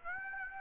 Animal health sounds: mosquito wingbeat signal from an infrared sensor; Aedes aegypti

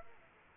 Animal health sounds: mosquito wingbeat signal from an infrared sensor; Aedes aegypti

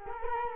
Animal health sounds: mosquito wingbeat signal from an infrared sensor; Culex quinquefasciatus

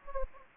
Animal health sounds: mosquito wingbeat signal from an infrared sensor; Anopheles gambiae

